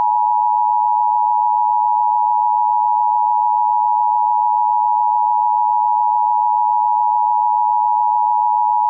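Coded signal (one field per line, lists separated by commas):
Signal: Emergency Alert System (SAME) tones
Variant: 853 and 960 Hz attention tone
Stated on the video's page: Simulated EAS alert made with VSDC and Audacity, not a real broadcast.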